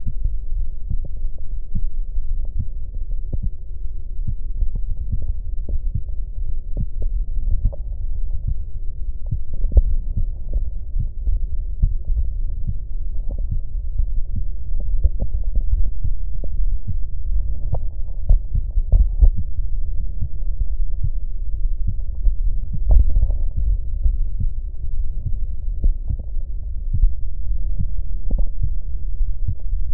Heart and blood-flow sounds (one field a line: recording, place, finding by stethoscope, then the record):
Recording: heart sounds by stethoscope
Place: aortic valve (AV)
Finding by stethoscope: normal heart sounds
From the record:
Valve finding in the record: aortic regurgitation, grade 1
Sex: male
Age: 62 years